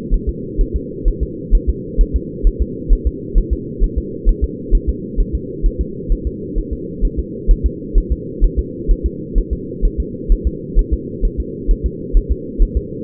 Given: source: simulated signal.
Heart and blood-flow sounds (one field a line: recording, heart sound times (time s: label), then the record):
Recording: fetal heart sounds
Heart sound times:
0.14 s: S1
0.29 s: S2
0.61 s: S1
0.76 s: S2
1.08 s: S1
1.23 s: S2
1.55 s: S1
1.69 s: S2
2.01 s: S1
2.16 s: S2
2.47 s: S1
2.62 s: S2
2.93 s: S1
3.07 s: S2
3.38 s: S1
3.53 s: S2
3.84 s: S1
3.98 s: S2
4.29 s: S1
4.44 s: S2
4.75 s: S1
4.89 s: S2
5.20 s: S1
5.35 s: S2
5.66 s: S1
5.81 s: S2
6.12 s: S1
6.27 s: S2
6.58 s: S1
6.73 s: S2
7.05 s: S1
7.19 s: S2
7.51 s: S1
7.66 s: S2
7.98 s: S1
8.12 s: S2
8.44 s: S1
8.59 s: S2
8.91 s: S1
9.06 s: S2
9.38 s: S1
9.53 s: S2
9.85 s: S1
10.00 s: S2
10.32 s: S1
10.47 s: S2
10.79 s: S1
10.94 s: S2
11.25 s: S1
11.40 s: S2
11.71 s: S1
11.86 s: S2
12.17 s: S1
12.31 s: S2
12.62 s: S1
12.77 s: S2
From the record:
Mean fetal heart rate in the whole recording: 130 bpm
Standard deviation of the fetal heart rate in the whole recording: 2 bpm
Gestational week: 38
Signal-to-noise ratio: -4.1 dB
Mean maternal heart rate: no maternal heart sound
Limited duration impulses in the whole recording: absent